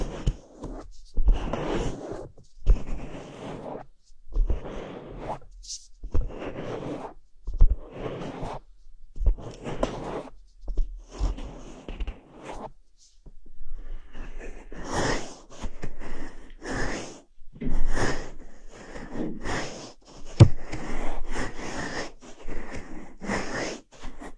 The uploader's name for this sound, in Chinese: 梵天掏耳